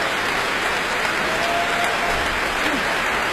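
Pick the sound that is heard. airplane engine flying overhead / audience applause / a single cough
audience applause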